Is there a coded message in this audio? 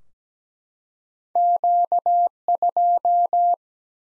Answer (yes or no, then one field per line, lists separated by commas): yes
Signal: Morse code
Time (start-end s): 1.4-3.5 s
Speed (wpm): 17 wpm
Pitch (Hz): 700 Hz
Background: none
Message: Q2